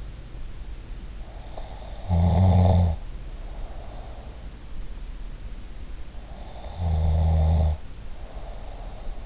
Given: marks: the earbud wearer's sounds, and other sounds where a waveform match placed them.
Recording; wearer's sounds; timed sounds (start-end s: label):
sounds in sleep by an in-ear microphone; snoring breath
1.44-4.17 s: snoring breath
6.29-9.26 s: snoring breath